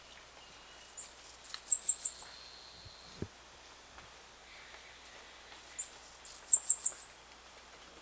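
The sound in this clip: Bird calling in two loud bursts of fast, shrill, chattering notes high in pitch, each about a second and a half, separated by near silence with a single soft tap.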